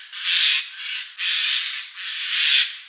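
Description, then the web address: Eurasian jay giving harsh, rasping screeches, several long noisy calls in a row, each about half a second to a second long with short gaps between. Recorded in Slovenia. "Garrulus glandarius"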